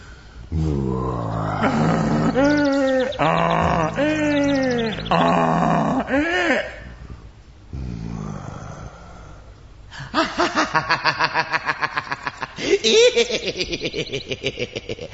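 A donkey brays loudly, starting with several drawn-out, wavering harsh calls that rise and fall, then breaking into a fast, rhythmic run of pulsing hee-haw gasps near the end.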